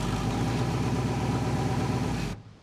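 A car engine idles with a steady, low, throbbing rumble that holds even for about two seconds and then cuts off abruptly. No voices are heard.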